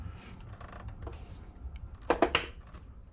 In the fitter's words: hear those click in